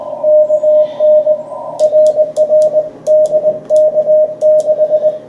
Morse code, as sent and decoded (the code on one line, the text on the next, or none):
-.- -. / .-. .-. / -.. -.- -....
KN RR DK6